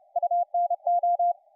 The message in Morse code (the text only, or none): UNO